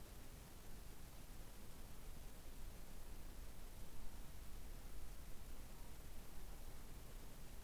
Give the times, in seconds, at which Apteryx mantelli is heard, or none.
none